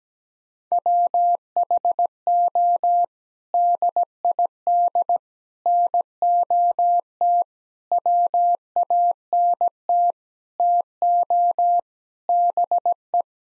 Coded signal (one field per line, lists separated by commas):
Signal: Morse code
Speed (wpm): 17 wpm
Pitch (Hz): 700 Hz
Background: none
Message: WHO DID NOT WANT TO BE